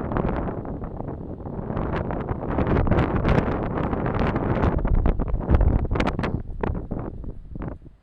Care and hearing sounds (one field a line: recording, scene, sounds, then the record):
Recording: everyday scene through a hearing-aid microphone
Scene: wind on the microphone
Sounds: squally wind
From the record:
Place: parking lot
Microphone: in the ear canal, left